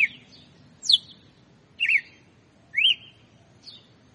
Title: Canto Galo Campina Fêmea. Galo de Campina Açoite Compassado